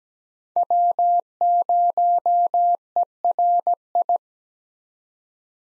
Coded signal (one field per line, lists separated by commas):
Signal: Morse code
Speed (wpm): 17 wpm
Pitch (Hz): 700 Hz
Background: none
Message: W0ERI